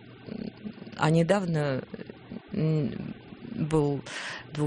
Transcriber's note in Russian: none